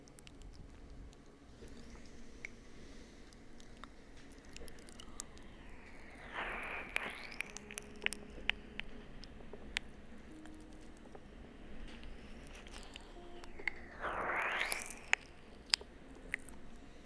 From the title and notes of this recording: ASMR Slow Ear LicksKisses.